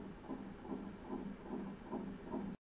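A steady series of muffled, low thumping beats repeats at a quick, even pace of roughly 145 per minute: a regular, rapid adult heartbeat heard against a faint continuous background hiss.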